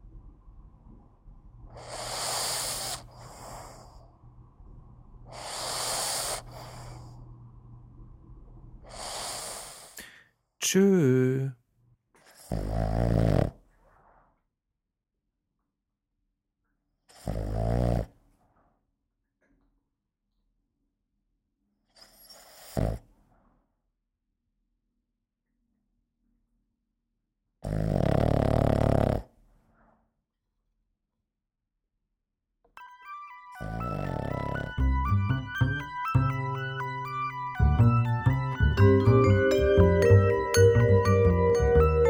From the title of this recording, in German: Welpentag